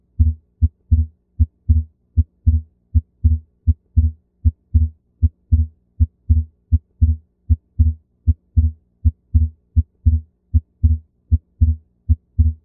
Split S2 Heart Sound. Normally, A2 occurs just before P2, and the combination of these sounds &nbsp;make up S2. A physiologic split S2 occurs when the A2 sound precedes P2 &nbsp;by a great enough distance to allow both sounds to be heard separately.